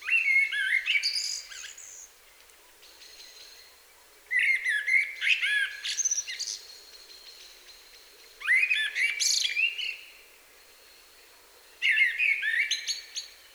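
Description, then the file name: Common blackbird singing four fluty, low warbling phrases, each closing with a thin, scratchy high flourish, spaced about four seconds apart. "Turdus merula"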